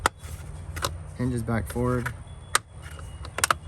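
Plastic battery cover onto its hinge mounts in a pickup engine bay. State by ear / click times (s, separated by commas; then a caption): seated / 3.4 s, 3.5 s. The plastic battery cover in the engine bay of a 2021 RAM 2500 pickup is pushed back forward onto its small hinge mounts and pressed down while someone talks, with sharp plastic taps and knocks throughout. It snaps in with two clicks at 3.4 s and 3.5 s, and the cover is seated.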